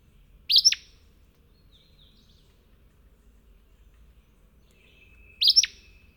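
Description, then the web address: Acadian flycatcher giving a sharp, explosive two-part note twice, about five seconds apart, with quiet background between. "Know Your Bird Sounds Common Western Species. Acadian Flycatcher"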